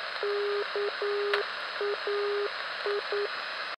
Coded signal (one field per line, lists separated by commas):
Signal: Morse code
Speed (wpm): 9 wpm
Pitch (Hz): 410 Hz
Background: none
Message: KAI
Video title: 340 kHz Utti KAI ( -.- .- .. )